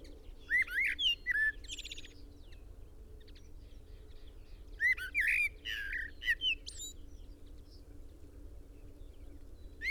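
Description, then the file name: Common blackbird song: two phrases of low fluted whistles, each ending in high, scratchy squeaky twitters, separated by a few quiet seconds over a soft steady hum. "Turdus merula"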